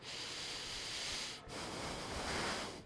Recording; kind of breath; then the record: one breath in and out by a microphone near the nose and mouth; deep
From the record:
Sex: male